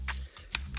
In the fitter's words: the controllers will just lock into place